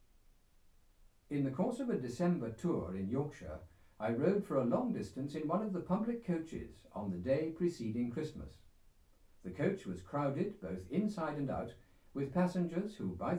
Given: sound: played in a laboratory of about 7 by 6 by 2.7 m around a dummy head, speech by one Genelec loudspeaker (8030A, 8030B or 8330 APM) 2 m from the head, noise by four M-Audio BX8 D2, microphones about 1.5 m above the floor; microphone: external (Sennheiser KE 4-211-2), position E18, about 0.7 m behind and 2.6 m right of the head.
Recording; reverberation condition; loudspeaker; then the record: male speech in English; low; 60 degrees to the right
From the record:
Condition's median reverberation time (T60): about 310 ms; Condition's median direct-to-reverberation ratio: about 3.5 dB